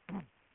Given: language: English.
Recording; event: throat vibration sensor signal played as sound; throat clearing